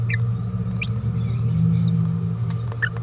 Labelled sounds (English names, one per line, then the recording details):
Green-rumped Parrotlet babbling
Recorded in a nest box in Venezuela
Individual 18B17A4